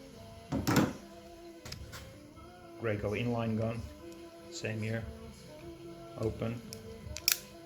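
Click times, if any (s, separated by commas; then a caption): 7.3 s. Someone talks while the trigger safety lock on a Graco inline airless paint spray gun is turned to the locked position. A sharp click is heard at 7.3 s, confirming the trigger is locked.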